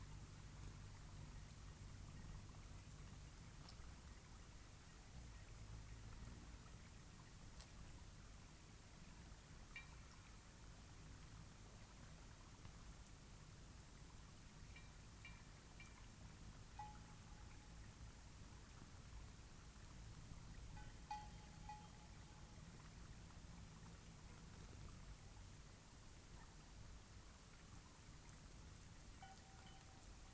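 A cloudy night beside Taylor Lake brings a steady, low wash of sound that holds an even level throughout. A few faint ticks occur early, and short thin whistling tones appear around 17, 21 and 29 seconds.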